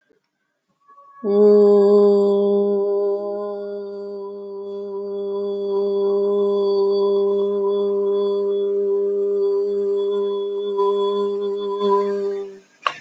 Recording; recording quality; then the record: sustained vowel as in boot; excellent, no background noise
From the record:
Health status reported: respiratory illness, not identified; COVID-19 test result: negative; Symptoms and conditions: cough, cold, sore throat, fever, fatigue, muscle pain, loss of smell and taste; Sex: female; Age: 43 years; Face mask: not worn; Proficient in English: yes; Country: India